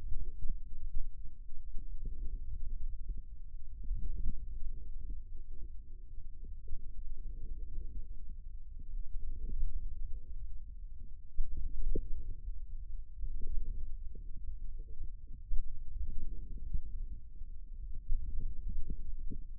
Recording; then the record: forearm muscle sounds (acoustic myography)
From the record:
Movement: wrist extension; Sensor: system 2, bracelet of six BSWA MPA416 microphones around the upper forearm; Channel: 2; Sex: male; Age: 22 years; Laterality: right